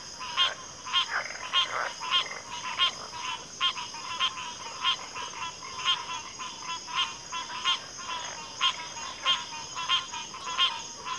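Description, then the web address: Cricket chorus as a continuous high-pitched ringing hum, with buzzy pulsed calls repeating about every half second on top. Cricket chorus recorded at a backwater. "Natures Songs Sleep Sounds of Nature CRICKETS Backwater Chorus"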